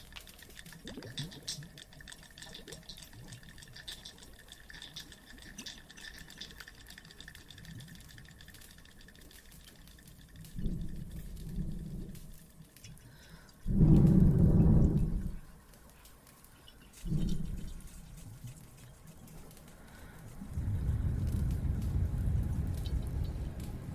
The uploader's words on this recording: Some more Cave ASMR, Water and Fireplace added.